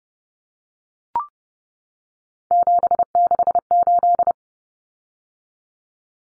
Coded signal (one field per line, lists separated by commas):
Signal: Morse code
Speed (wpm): 30 wpm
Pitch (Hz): 700 Hz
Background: none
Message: 768